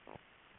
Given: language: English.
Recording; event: throat vibration sensor signal played as sound; swallow